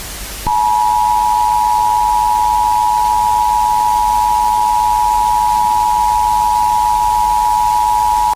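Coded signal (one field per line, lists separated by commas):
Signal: Emergency Alert System (SAME) tones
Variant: 853 and 960 Hz attention tone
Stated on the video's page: Fake tornado emergency alert scenario, not a real broadcast.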